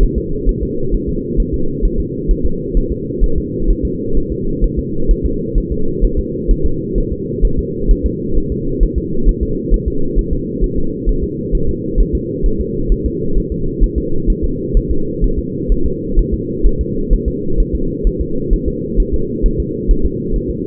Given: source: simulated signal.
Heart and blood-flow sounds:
fetal heart sounds
0.03 s: S1
0.18 s: S2
0.49 s: S1
0.63 s: S2
0.94 s: S1
1.09 s: S2
1.40 s: S1
1.54 s: S2
1.85 s: S1
2.00 s: S2
2.31 s: S1
2.46 s: S2
2.77 s: S1
2.92 s: S2
3.24 s: S1
3.38 s: S2
3.71 s: S1
3.85 s: S2
4.17 s: S1
4.32 s: S2
4.64 s: S1
4.79 s: S2
5.11 s: S1
5.26 s: S2
5.58 s: S1
5.72 s: S2
6.05 s: S1
6.19 s: S2
6.51 s: S1
6.66 s: S2
6.98 s: S1
7.12 s: S2
7.45 s: S1
7.59 s: S2
7.91 s: S1
8.06 s: S2
8.38 s: S1
8.52 s: S2
8.83 s: S1
8.98 s: S2
9.29 s: S1
9.43 s: S2
9.74 s: S1
9.88 s: S2
10.19 s: S1
10.33 s: S2
10.64 s: S1
10.78 s: S2
11.09 s: S1
11.23 s: S2
11.55 s: S1
11.69 s: S2
12.01 s: S1
12.15 s: S2
12.46 s: S1
12.61 s: S2
12.92 s: S1
13.06 s: S2
13.38 s: S1
13.52 s: S2
13.84 s: S1
13.98 s: S2
14.30 s: S1
14.44 s: S2
14.77 s: S1
14.91 s: S2
15.24 s: S1
15.39 s: S2
15.72 s: S1
15.86 s: S2
16.19 s: S1
16.34 s: S2
16.66 s: S1
16.81 s: S2
17.13 s: S1
17.28 s: S2
17.60 s: S1
17.75 s: S2
18.07 s: S1
18.21 s: S2
18.54 s: S1
18.68 s: S2
19.00 s: S1
19.14 s: S2
19.46 s: S1
19.60 s: S2
19.91 s: S1
20.05 s: S2
20.36 s: S1
20.50 s: S2
From the record:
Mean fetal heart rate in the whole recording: 130 bpm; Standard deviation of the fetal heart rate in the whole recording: 2 bpm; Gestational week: 38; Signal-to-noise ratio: -8.1 dB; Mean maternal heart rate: 72 bpm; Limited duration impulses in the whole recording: absent

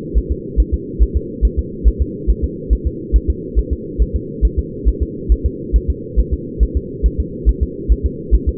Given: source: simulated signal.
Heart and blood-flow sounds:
fetal heart sounds
0.18 s: S1
0.32 s: S2
0.60 s: S1
0.74 s: S2
1.03 s: S1
1.17 s: S2
1.45 s: S1
1.59 s: S2
1.88 s: S1
2.02 s: S2
2.30 s: S1
2.44 s: S2
2.73 s: S1
2.87 s: S2
3.16 s: S1
3.30 s: S2
3.59 s: S1
3.73 s: S2
4.02 s: S1
4.16 s: S2
4.45 s: S1
4.59 s: S2
4.88 s: S1
5.02 s: S2
5.32 s: S1
5.46 s: S2
5.76 s: S1
5.90 s: S2
6.19 s: S1
6.34 s: S2
6.63 s: S1
6.77 s: S2
7.06 s: S1
7.20 s: S2
7.49 s: S1
7.63 s: S2
7.92 s: S1
8.06 s: S2
8.35 s: S1
8.49 s: S2
From the record:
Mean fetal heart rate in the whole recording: 140 bpm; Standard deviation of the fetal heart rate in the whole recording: 2 bpm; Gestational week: 34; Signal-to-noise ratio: -4.1 dB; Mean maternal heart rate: no maternal heart sound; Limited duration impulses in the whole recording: absent

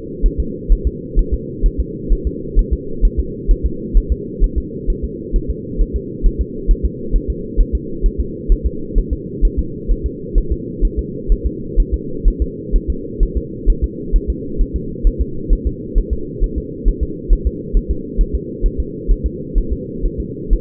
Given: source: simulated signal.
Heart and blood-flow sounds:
fetal heart sounds
0.26 s: S1
0.40 s: S2
0.72 s: S1
0.87 s: S2
1.19 s: S1
1.34 s: S2
1.66 s: S1
1.80 s: S2
2.13 s: S1
2.27 s: S2
2.59 s: S1
2.73 s: S2
3.05 s: S1
3.20 s: S2
3.51 s: S1
3.66 s: S2
3.97 s: S1
4.12 s: S2
4.44 s: S1
4.58 s: S2
4.90 s: S1
5.04 s: S2
5.36 s: S1
5.50 s: S2
5.81 s: S1
5.96 s: S2
6.26 s: S1
6.41 s: S2
6.71 s: S1
6.85 s: S2
7.16 s: S1
7.30 s: S2
7.61 s: S1
7.75 s: S2
8.06 s: S1
8.20 s: S2
8.52 s: S1
8.66 s: S2
8.98 s: S1
9.13 s: S2
9.45 s: S1
9.59 s: S2
9.91 s: S1
10.06 s: S2
10.38 s: S1
10.52 s: S2
10.85 s: S1
10.99 s: S2
11.32 s: S1
11.46 s: S2
11.80 s: S1
11.94 s: S2
12.28 s: S1
12.42 s: S2
12.76 s: S1
12.90 s: S2
13.23 s: S1
13.37 s: S2
13.70 s: S1
13.84 s: S2
14.16 s: S1
14.30 s: S2
14.61 s: S1
14.76 s: S2
15.07 s: S1
15.21 s: S2
15.53 s: S1
15.67 s: S2
15.98 s: S1
16.13 s: S2
16.44 s: S1
16.58 s: S2
16.88 s: S1
17.03 s: S2
17.33 s: S1
17.47 s: S2
17.77 s: S1
17.91 s: S2
18.21 s: S1
18.35 s: S2
18.66 s: S1
18.80 s: S2
19.11 s: S1
19.26 s: S2
19.58 s: S1
19.73 s: S2
20.06 s: S1
20.20 s: S2
20.53 s: S1
From the record:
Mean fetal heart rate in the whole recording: 130 bpm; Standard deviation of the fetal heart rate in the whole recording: 2 bpm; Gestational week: 38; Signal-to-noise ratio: -4.3 dB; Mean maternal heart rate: 72 bpm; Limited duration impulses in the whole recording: absent

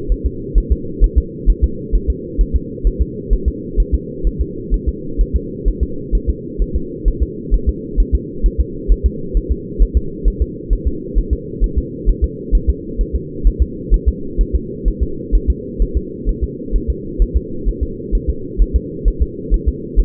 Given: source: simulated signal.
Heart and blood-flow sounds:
fetal heart sounds
0.12 s: S1
0.26 s: S2
0.58 s: S1
0.72 s: S2
1.04 s: S1
1.18 s: S2
1.50 s: S1
1.64 s: S2
1.95 s: S1
2.10 s: S2
2.41 s: S1
2.56 s: S2
2.87 s: S1
3.02 s: S2
3.33 s: S1
3.48 s: S2
3.80 s: S1
3.94 s: S2
4.27 s: S1
4.41 s: S2
4.74 s: S1
4.89 s: S2
5.21 s: S1
5.36 s: S2
5.68 s: S1
5.83 s: S2
6.15 s: S1
6.30 s: S2
6.62 s: S1
6.76 s: S2
7.08 s: S1
7.23 s: S2
7.54 s: S1
7.69 s: S2
8.00 s: S1
8.15 s: S2
8.46 s: S1
8.61 s: S2
8.92 s: S1
9.06 s: S2
9.37 s: S1
9.52 s: S2
9.82 s: S1
9.97 s: S2
10.28 s: S1
10.42 s: S2
10.73 s: S1
10.88 s: S2
11.18 s: S1
11.33 s: S2
11.64 s: S1
11.78 s: S2
12.09 s: S1
12.24 s: S2
12.55 s: S1
12.70 s: S2
13.01 s: S1
13.16 s: S2
13.47 s: S1
13.62 s: S2
13.94 s: S1
14.08 s: S2
14.41 s: S1
14.55 s: S2
14.88 s: S1
15.03 s: S2
15.35 s: S1
15.50 s: S2
15.82 s: S1
15.97 s: S2
16.29 s: S1
16.44 s: S2
16.76 s: S1
16.90 s: S2
17.22 s: S1
17.37 s: S2
17.69 s: S1
17.83 s: S2
18.15 s: S1
18.30 s: S2
18.62 s: S1
18.76 s: S2
19.08 s: S1
19.22 s: S2
19.54 s: S1
19.68 s: S2
20.00 s: S1
From the record:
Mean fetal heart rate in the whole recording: 130 bpm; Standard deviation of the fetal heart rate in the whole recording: 2 bpm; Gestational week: 36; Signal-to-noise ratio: -4.3 dB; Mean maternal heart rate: 72 bpm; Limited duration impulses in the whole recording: absent

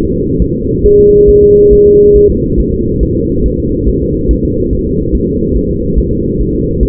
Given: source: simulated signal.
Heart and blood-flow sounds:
fetal heart sounds
0.12 s: S2
0.42 s: S1
0.56 s: S2
0.86 s: S1
1.00 s: S2
1.29 s: S1
1.43 s: S2
1.73 s: S1
1.87 s: S2
2.16 s: S1
2.30 s: S2
2.60 s: S1
2.74 s: S2
3.03 s: S1
3.17 s: S2
3.46 s: S1
3.60 s: S2
3.89 s: S1
4.03 s: S2
4.31 s: S1
4.45 s: S2
4.73 s: S1
4.87 s: S2
5.15 s: S1
5.29 s: S2
5.56 s: S1
5.71 s: S2
5.99 s: S1
6.12 s: S2
6.41 s: S1
6.55 s: S2
6.83 s: S1
From the record:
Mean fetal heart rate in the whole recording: 140 bpm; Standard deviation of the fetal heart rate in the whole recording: 2 bpm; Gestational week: 34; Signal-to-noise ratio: -14.7 dB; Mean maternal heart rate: 72 bpm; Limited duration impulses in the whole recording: present

